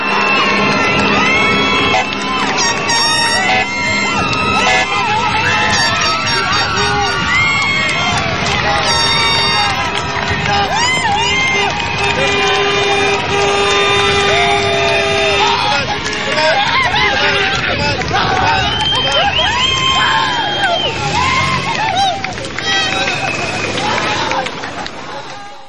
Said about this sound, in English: Now, of course, as you probably know, after the trial was over, Michael Jackson went back to Neverland to find a huge crowd of people outside. This is what it sounded like.